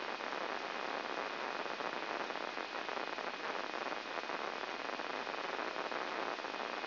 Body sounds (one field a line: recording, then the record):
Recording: brain microelectrode recording played as sound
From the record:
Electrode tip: inside the subthalamic nucleus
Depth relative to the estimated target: -1 mm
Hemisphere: left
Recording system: AlphaMap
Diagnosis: Parkinson's disease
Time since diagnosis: 11 years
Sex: female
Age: 62 years